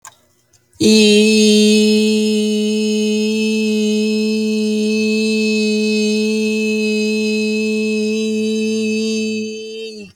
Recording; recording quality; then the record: sustained vowel as in beet; excellent, no background noise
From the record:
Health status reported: healthy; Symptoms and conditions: cold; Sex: male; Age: 45 years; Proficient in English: yes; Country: United States